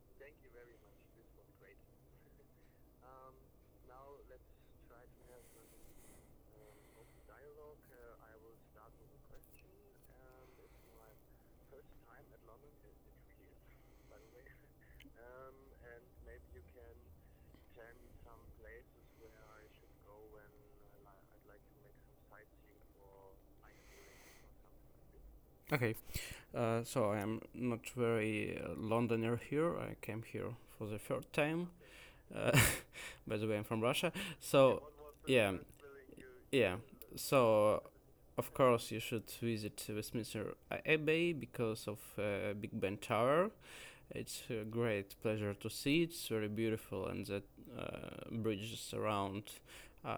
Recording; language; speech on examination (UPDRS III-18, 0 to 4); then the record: conversation on a phone call; English; 0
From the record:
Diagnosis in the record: healthy control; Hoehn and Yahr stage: 0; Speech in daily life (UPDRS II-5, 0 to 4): 0